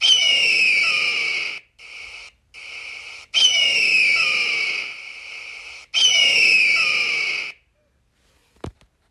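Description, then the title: Eagle screaming: three long high hoarse screeches with faint falling whistled notes, two short softer rasps between the first and second, then a brief click at the end. "Eagle calling"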